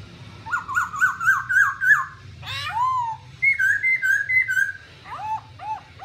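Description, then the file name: Black-throated laughingthrush giving a quick run of repeated whistled notes, a downslurred squeal, then level whistles and short arched notes, over a low hum. "tieng khuou bac ma hot"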